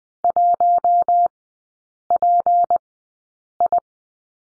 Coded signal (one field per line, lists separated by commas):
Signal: Morse code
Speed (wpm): 20 wpm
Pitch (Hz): 700 Hz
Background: none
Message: 1PI